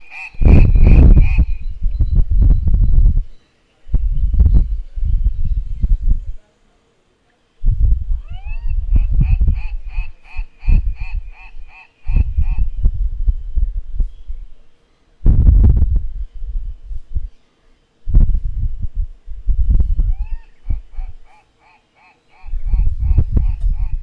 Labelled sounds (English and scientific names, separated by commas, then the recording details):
White-crested Turaco (Tauraco leucolophus)
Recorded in northern Uganda